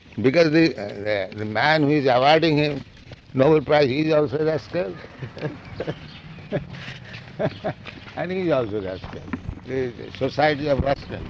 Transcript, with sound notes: Because the man who is awarding him Nobel Prize, he is also a rascal, [laughs] and he is also rascal. The society of rascals,